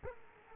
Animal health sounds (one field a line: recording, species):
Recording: mosquito wingbeat signal from an infrared sensor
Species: Culex quinquefasciatus